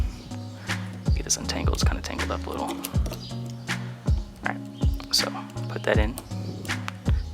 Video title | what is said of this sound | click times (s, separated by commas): 350z 8 pin to 6 pin headlight conversion | and again you'll hear it click this one didn't click | none